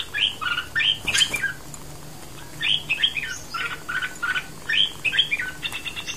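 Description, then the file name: Bulbul song, quick bubbling chattering phrases of warbled notes, delivered in rapid bursts with short gaps. "merbah lekir. omkicau"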